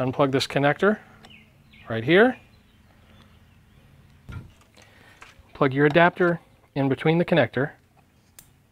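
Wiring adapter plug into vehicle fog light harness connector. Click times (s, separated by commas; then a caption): 8.4 s. Someone talks while the plastic plug of a wiring adapter harness is pushed into the fog-light connector of a 2020 Ford Raptor. A sharp, short click is heard at 8.4 s as the adapter connector seats.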